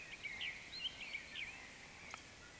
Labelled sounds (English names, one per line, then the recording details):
Eurasian Woodcock whistle
Eurasian Woodcock croak
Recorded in Baden-Württemberg, Germany, on 20 May 2021 at 19:14 UTC
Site 24606, 635 m above sea level